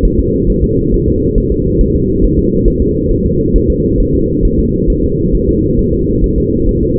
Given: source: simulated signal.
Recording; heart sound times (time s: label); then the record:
fetal heart sounds
0.05 s: S1
0.19 s: S2
0.50 s: S1
0.64 s: S2
0.94 s: S1
1.08 s: S2
1.38 s: S1
1.52 s: S2
1.81 s: S1
1.95 s: S2
2.24 s: S1
2.39 s: S2
2.68 s: S1
2.82 s: S2
3.12 s: S1
3.26 s: S2
3.56 s: S1
3.70 s: S2
4.00 s: S1
4.15 s: S2
4.45 s: S1
4.59 s: S2
4.90 s: S1
5.04 s: S2
5.35 s: S1
5.49 s: S2
5.79 s: S1
5.94 s: S2
6.24 s: S1
6.38 s: S2
6.69 s: S1
6.83 s: S2
From the record:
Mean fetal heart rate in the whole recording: 135 bpm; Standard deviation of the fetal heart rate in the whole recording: 3 bpm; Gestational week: 36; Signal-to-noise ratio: -10.2 dB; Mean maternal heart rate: 72 bpm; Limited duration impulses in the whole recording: present